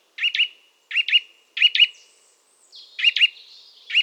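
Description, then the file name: Eurasian nuthatch calling in loud paired high chirps at short, irregular intervals, with a thin high whistle in one gap. "Sitta europaea"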